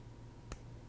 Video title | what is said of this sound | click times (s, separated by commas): C100 Audio Setup | like so, you're going to hear it click in, | 0.5 s